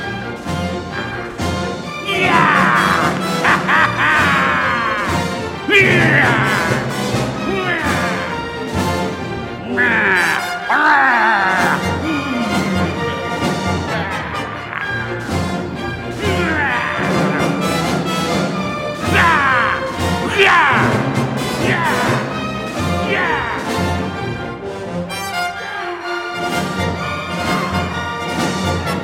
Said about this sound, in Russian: Привидение летало вокруг него, стонало и вздыхало.